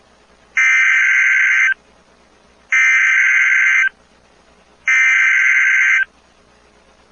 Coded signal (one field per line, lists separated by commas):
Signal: Emergency Alert System (SAME) tones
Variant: header bursts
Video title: EAS Tornado Warning ILX 2023-04-04 2006 CDT - Woodford, Tazewell, Peoria Counties Ilinois